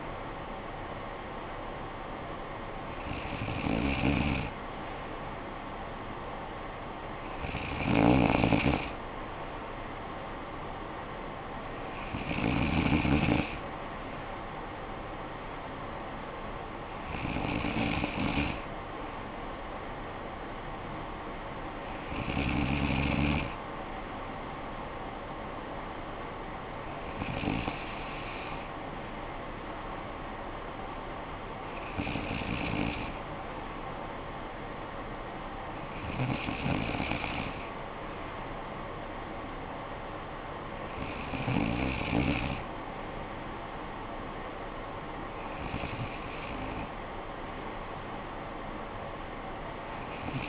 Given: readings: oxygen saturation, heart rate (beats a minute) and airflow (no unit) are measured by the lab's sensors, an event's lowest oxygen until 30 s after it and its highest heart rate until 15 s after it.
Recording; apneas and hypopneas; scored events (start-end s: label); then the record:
breathing in sleep by a voice recorder at the bedside; none
none scored
From the record:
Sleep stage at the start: N2 (light sleep); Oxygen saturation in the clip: 94 to 95%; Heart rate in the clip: 51 to 59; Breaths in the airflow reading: 10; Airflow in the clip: -9.6 to 7.0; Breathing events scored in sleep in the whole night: 445 in 7.6 hours asleep